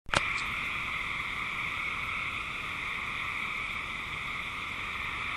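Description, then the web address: Eastern gray treefrog chorus, overlapping trills merging into a constant high-pitched drone, opened by a brief sharp click at the start. "Chorus of E Gray Tree Frogs"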